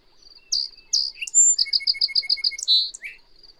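Bird song phrase opens with two sharp whistled notes, breaks into a fast string of repeated chips, then ends on a buzzy note and a low slurred call.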